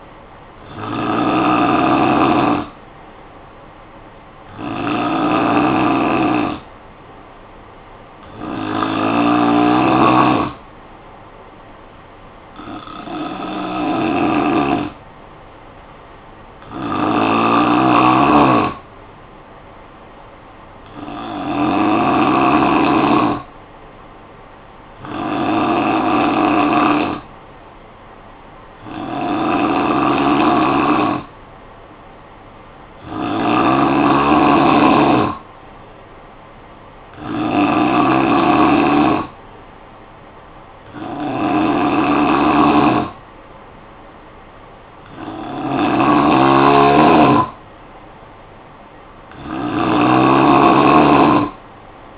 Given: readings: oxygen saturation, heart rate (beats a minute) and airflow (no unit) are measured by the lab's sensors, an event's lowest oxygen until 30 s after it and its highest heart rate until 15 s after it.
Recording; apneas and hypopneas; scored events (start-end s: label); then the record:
breathing in sleep by a voice recorder at the bedside; 1
3.00-27.60 s: hypopnea (N3, oxygen 93% highest, then 87% lowest, heart rate 54 at the start, 59 highest)
From the record:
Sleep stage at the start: N3 (deep sleep); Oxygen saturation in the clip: 87 to 93%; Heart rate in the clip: 52 to 59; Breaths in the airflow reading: 13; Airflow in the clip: -7.3 to 5.0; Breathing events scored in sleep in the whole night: 445 in 7.6 hours asleep